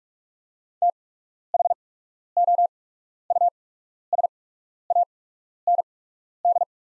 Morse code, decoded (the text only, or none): THOUSAND